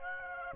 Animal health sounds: mosquito wingbeat signal from an infrared sensor; Aedes aegypti

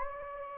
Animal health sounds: mosquito wingbeat signal from an infrared sensor; Anopheles gambiae

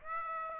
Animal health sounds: mosquito wingbeat signal from an infrared sensor; Aedes aegypti

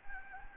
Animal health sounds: mosquito wingbeat signal from an infrared sensor; Anopheles gambiae

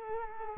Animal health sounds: mosquito wingbeat signal from an infrared sensor; Culex quinquefasciatus

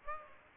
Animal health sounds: mosquito wingbeat signal from an infrared sensor; Aedes aegypti

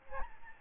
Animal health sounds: mosquito wingbeat signal from an infrared sensor; Aedes albopictus

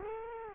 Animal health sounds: mosquito wingbeat signal from an infrared sensor; Culex quinquefasciatus

